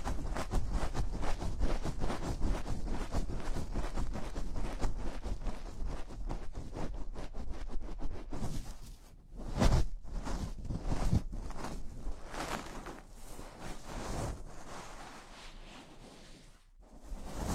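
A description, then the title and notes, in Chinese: Gloves being handled make a dense, continuous rubbing and rustling with rapid crackles, sharper bursts near ten and eleven seconds, and a brief lull near seventeen. 手套 使用6种不同手套为你耳膜按摩。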